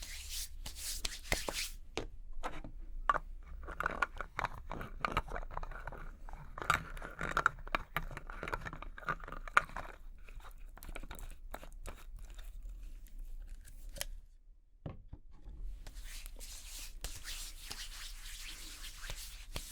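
Makeup being applied: dense clicks, taps and brushy scratching through most of the clip, a brief quiet gap near fourteen seconds, then softer hissing rustle.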